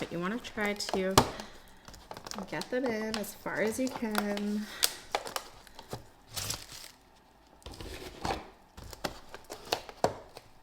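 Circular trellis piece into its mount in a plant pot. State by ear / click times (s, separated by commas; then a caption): not seated / none. A plastic circular plant trellis piece is pushed into its mount in a plant pot during potting while someone talks. Crinkling, rustling handling and a few sharp plastic knocks are heard, with the loudest near the end. The piece is being worked in as far as it will go, and nothing has seated or clicked yet.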